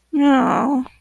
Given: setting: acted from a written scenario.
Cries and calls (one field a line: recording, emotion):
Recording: vocal sound without words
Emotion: disappointment